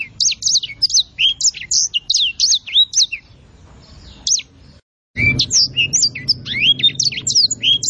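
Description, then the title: Songbird song, dense high chirps and whistled notes, a short gap near five seconds, then the rapid varied phrases resume over low hum. Tutor song for training songbirds, complete. "masteran lengkapp"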